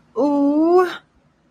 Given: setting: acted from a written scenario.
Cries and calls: vocal sound without words; sympathy

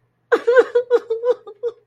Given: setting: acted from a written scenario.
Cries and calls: vocal sound without words; sadness

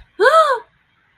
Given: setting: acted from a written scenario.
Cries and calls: vocal sound without words; fear

